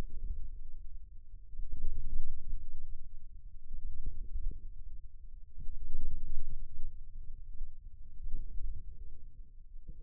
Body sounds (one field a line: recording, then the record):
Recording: forearm muscle sounds (acoustic myography)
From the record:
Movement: ulnar deviation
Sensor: system 2, bracelet of six BSWA MPA416 microphones around the upper forearm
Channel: 1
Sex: male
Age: 22 years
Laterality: right